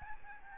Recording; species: mosquito wingbeat signal from an infrared sensor; Aedes albopictus